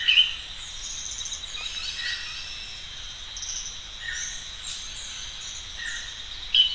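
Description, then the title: Bird song with thin chirping notes and twitters, sharper bursts at the start and end, over a constant high-pitched hiss. "LuckyPassaro Completos2Sama"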